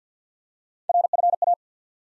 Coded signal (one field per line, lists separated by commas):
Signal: Morse code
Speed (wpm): 50 wpm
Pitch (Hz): 700 Hz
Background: none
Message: RFA